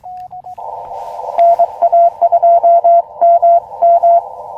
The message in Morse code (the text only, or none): NA2MM